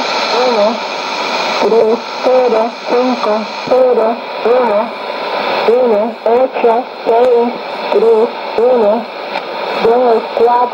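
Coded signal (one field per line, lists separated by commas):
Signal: numbers station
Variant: HM01, Spanish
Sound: short, evenly spaced spoken words, likely Spanish numbers, over shortwave hiss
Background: radio static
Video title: 09 09 2016 Cuban Spy Numbers HM01 in Spanish 0654 on 10345 and 9330 Bejucal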